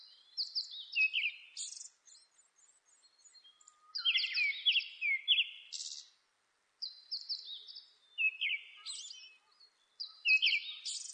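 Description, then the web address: Japanese thrush delivering quick phrases of repeated whistled notes ending in high, scratchy buzzy flourishes, each phrase separated by a short silence. Recorded on 26 April 2006. "2006 060426 kurotugumi"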